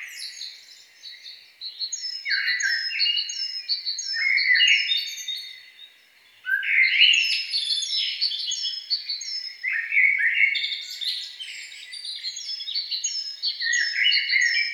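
Songbird singing continuously in varied twittering phrases, a short break near six seconds, overlaid by a regular string of high, sharply falling whistled notes.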